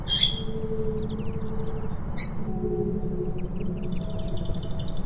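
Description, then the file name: Lovebird calls: two sharp, shrill chirps early on, then a fast run of high, repeated twittering notes over a steady low rumble. "audio terapi lovebird"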